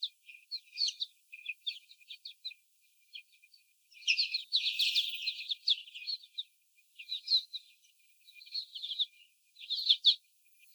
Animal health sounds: young laying hens in a cage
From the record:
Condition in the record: before the stressor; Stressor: sudden umbrella opening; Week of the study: 3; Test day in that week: 2

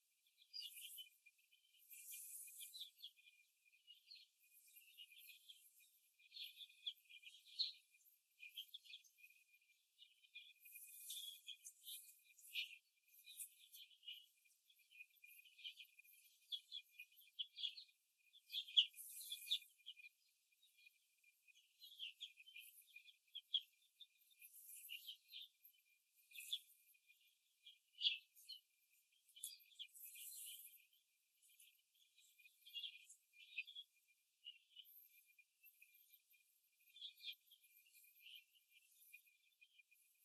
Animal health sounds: young laying hens in a cage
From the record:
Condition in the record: after the stressor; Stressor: simulated dog barking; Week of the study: 2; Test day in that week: 2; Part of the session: 1

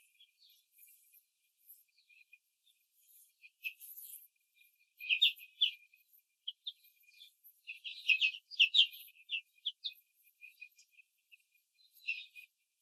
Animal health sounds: young laying hens in a cage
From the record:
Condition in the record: control cage, before the stress test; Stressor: none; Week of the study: 4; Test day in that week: 1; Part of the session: 1

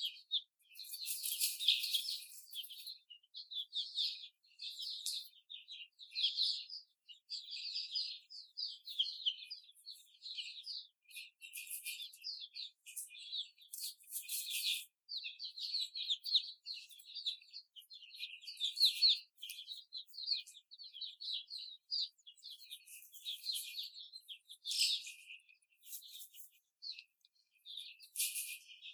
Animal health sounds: young laying hens in a cage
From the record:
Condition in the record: before the stressor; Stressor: simulated dog barking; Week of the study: 4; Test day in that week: 2

